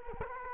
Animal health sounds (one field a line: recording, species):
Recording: mosquito wingbeat signal from an infrared sensor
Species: Culex quinquefasciatus